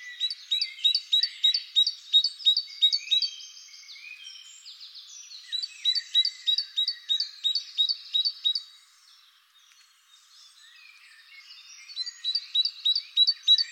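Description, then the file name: Great tit song: three bouts of rhythmic, high see-saw two-note phrases separated by pauses. Recorded in the Netherlands. "mesange charbonniere hollande"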